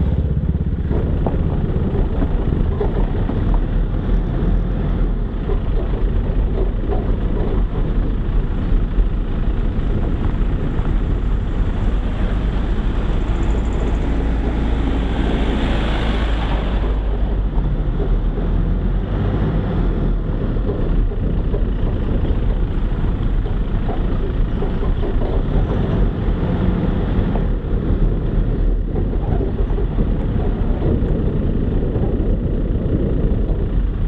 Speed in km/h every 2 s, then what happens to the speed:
13, 15, 15, 15, 14, 11, 10, 9, 14, 17, 14, 11, 14, 16, 18, 17, 15.
0-7 steady at about 15. 7-14 slows to 9. 14-17 speeds up to 17. 17-34 steady at about 15.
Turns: none.